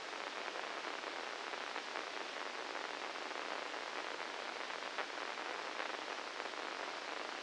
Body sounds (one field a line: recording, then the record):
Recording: brain microelectrode recording played as sound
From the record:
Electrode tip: inside the subthalamic nucleus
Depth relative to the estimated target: -2 mm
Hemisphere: left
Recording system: NeuroSet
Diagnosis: Parkinson's disease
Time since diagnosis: 9 years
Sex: male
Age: 61 years